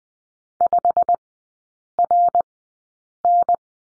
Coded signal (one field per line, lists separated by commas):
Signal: Morse code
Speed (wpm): 20 wpm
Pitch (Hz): 700 Hz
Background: none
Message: 5RN